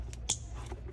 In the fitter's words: sure it clicks